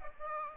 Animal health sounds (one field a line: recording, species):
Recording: mosquito wingbeat signal from an infrared sensor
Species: Aedes aegypti